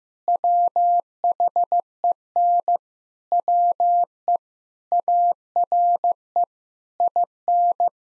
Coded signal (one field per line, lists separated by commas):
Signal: Morse code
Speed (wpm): 15 wpm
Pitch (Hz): 700 Hz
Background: none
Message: WHEN WE ARE IN